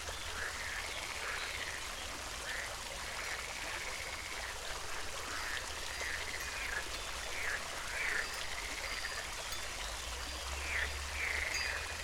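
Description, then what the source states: Frog calls in short repeated bursts over a continuous splash of falling water. Recorded with a fountain.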